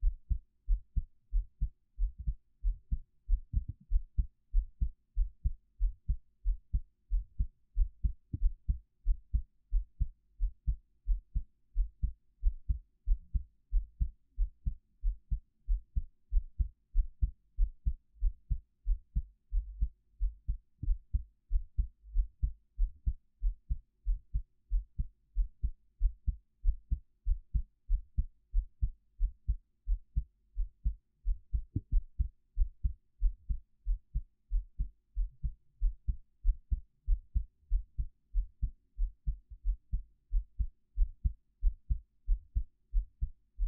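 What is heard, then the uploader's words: A heartbeat thumps steadily, each beat a deep, muffled double pulse repeating at an even pace of roughly one per second. Nothing else intrudes; the sound stays low and dull throughout, with a single slightly sharper knock around the thirty-second mark. 3Dio Give my Heartbeat. NO Talking.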